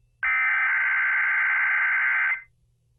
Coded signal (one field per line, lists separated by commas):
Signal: Emergency Alert System (SAME) tones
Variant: header bursts